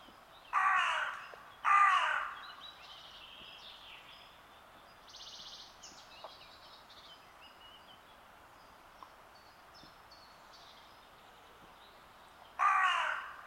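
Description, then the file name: Carrion crow cawing: two harsh, hoarse caws in quick succession, then a long quiet gap before a third; faint high sounds in between. "Corvus corone"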